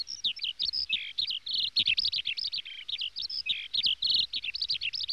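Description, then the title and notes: Small birds chirping with clear, separate high notes, some sweeping and some held, in short bursts with tiny gaps between them. "NHK効果音集 波・川・小鳥"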